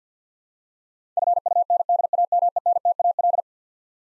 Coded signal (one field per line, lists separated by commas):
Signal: Morse code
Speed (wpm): 50 wpm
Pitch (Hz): 700 Hz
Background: none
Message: FUNDAMENTAL